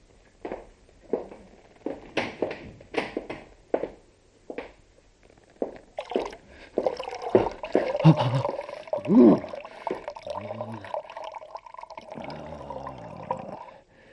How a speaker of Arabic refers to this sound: سأخرج وأفتح صنبور المياه فوق رأسي علي أفيق.